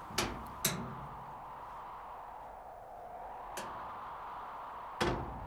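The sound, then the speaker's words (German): Four sharp, isolated clicks and knocks, a quick pair at the start and two more spaced seconds apart, as Holmes cuts a round opening in the glass pane of a locked greenhouse door and unlocks it from inside, over a steady low hum. “Doch in Sekundenschnelle schnitt Holmes eine runde Öffnung in die Scheibe und schloss die Tür von innen auf.”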